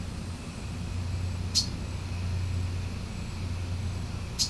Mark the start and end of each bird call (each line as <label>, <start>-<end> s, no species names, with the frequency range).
bird call (2.4-9.7 kHz), 1.50-1.72 s